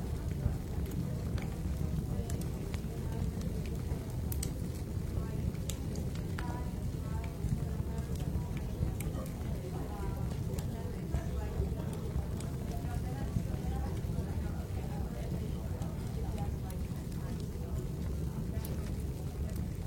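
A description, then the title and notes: A matcha tea shop fills with a steady murmur of many overlapping voices, a dense, low rumble of chatter that never lets up. Short, sharp clicks and clinks cut through every second or so, with a faint hiss underneath throughout. The Japanese-style matcha tea shop slowly brews tea.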